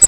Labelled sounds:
Grace's Warbler flight call

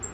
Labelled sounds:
Black-throated Green Warbler flight call

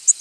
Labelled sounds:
Nashville Warbler flight call

